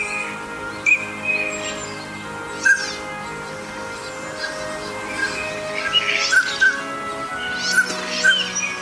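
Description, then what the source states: Northern pintail calls: short clear whistled notes mixed with wheezy, rasping bursts, over a steady background hum. Recorded in the suburbs of Tokyo, Japan.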